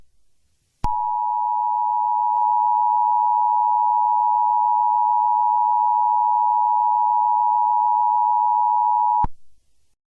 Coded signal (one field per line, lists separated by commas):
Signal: Emergency Alert System (SAME) tones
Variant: 853 and 960 Hz attention tone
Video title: EAS Scenario #84: Flying Toilets?